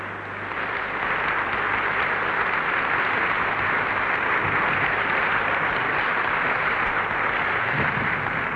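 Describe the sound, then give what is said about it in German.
Members of the German parliament, risen from their seats, applaud the adoption of the constitution in a dense, steady roar of clapping that swells within the first second and keeps going evenly, with no voices rising above it. “Der große Beifall, mit dem dieses Haus, das sich nach der Annahme und Inkraftsetzung der Verfassung nunmehr als das Hohe Haus des deutschen Volkes bezeichnen darf, die Annahme der Verfassung begleitet hat, ist ein Beweis dafür,”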